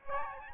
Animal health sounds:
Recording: mosquito wingbeat signal from an infrared sensor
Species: Aedes albopictus

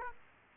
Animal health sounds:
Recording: mosquito wingbeat signal from an infrared sensor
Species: Aedes aegypti

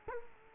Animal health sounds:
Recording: mosquito wingbeat signal from an infrared sensor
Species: Culex quinquefasciatus

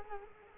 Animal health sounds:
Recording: mosquito wingbeat signal from an infrared sensor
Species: Culex quinquefasciatus

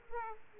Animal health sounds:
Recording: mosquito wingbeat signal from an infrared sensor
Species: Aedes aegypti

